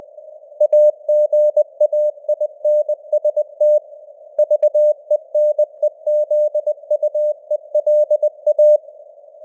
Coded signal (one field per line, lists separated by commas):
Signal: Morse code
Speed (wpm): 20 wpm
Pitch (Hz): 600 Hz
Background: none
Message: AGAINST VENEZUELA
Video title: Morse Code News | 2026-01-04 | 20wpm